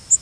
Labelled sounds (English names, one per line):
Yellow Warbler flight call